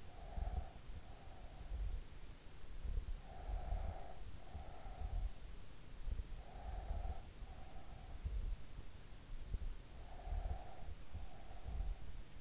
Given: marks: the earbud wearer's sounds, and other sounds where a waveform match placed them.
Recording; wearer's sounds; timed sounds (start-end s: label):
sounds in sleep by an in-ear microphone; breath
0.00-2.07 s: breath
3.14-5.50 s: breath
6.57-8.27 s: breath
9.80-12.41 s: breath